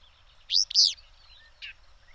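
Bird gives two strong buzzy, sweeping notes back to back, then a brief softer rasp, with light chirping from other birds behind.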